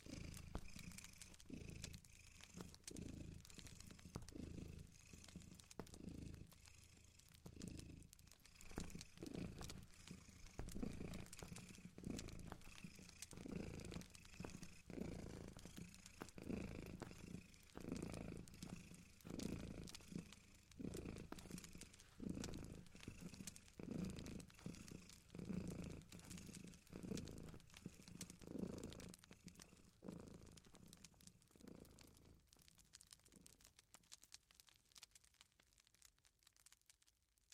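Knitting a blanket: steady, rhythmic soft rustles and light clicks about once a second, with a faint constant hiss, tapering off near the end.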